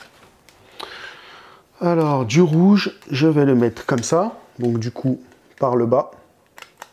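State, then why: Not seated. A red rigid plastic color gel is handled and brought up from below toward the flash lantern module of a Hahnel Creative Lantern Kit while someone talks, with a few faint handling ticks near the start and end. Nothing has seated or clicked yet; the gel is not home in the module.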